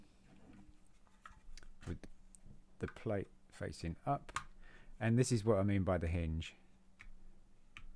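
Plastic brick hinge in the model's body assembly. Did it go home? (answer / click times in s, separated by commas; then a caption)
yes / 7.0 s, 7.8 s. Someone talks while a plastic brick hinge in the body assembly of a Lego Ideas WALL.E set #21303, built with the original neck, is swung through its positions. Sharp clicks are heard at 7.0 and 7.8 seconds as the hinge locks into place, and it locks in several positions.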